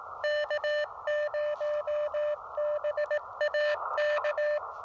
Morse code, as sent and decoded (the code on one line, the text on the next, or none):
-.- ----- -... .- -.-
K0BAK